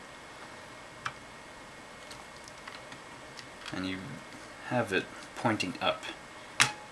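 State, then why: Seated. A wireless mini card for an HP TC1100 is inserted at an angle into its mini card slot and seats with a small click at 1.1 s. Someone talks over faint ticks, and a louder sharp snap is heard near 6.6 s.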